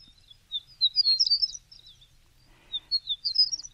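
Horned Lark song: two bursts of high, tinkling, twittering notes, the first longer and rising into a jumbled flourish, the second after a brief pause.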